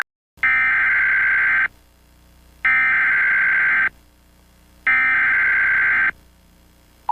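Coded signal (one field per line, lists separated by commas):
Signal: Emergency Alert System (SAME) tones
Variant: header bursts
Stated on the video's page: Mock EAS alert, a reimagining of another creator's scenario, made without generative AI.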